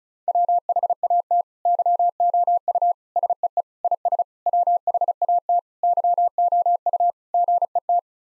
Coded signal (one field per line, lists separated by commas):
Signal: Morse code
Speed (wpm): 34 wpm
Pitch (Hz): 700 Hz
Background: none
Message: WHAT YOU SEE IS WHAT YOU GET